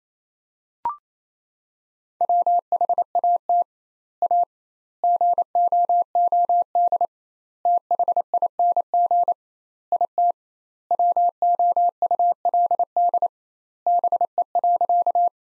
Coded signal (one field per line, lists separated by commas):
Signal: Morse code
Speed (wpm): 27 wpm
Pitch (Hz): 700 Hz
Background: none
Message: WHAT A GOOD THING IT WOULD BE.